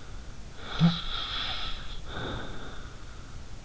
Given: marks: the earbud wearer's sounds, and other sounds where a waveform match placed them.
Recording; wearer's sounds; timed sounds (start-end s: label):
sounds in sleep by an in-ear microphone; snoring breath
0.55-3.39 s: snoring breath